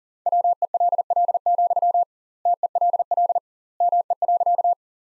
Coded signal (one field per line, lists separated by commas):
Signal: Morse code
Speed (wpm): 40 wpm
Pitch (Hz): 700 Hz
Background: none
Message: WELL, TELL ME.